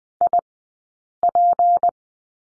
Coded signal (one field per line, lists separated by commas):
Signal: Morse code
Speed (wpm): 20 wpm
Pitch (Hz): 700 Hz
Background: none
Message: IP